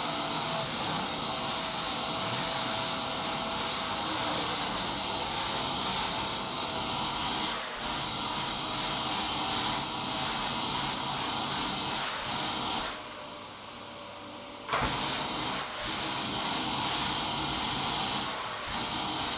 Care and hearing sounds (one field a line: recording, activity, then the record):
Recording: daily activity, microphone in the room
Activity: vacuum cleaning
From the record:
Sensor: 3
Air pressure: 994.4 hPa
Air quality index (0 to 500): 208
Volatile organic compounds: 1000 ppm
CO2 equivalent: 6924 ppm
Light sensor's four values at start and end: 74/172/71/68 and 73/171/71/68